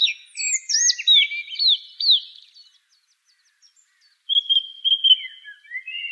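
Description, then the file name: Song thrush song: a bright down-slurred whistle repeated four times in quick succession, a pause, then a flat whistled note and lower warbles. "suara-kicauan-burung-song-thrush -omkicau"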